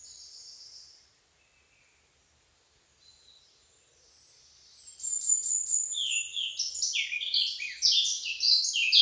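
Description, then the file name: Eurasian blackcap warbling song, a quiet high phrase at first, then after a pause a fast, bright jumble of varied notes running on for several seconds. "Sylvia atricapilla"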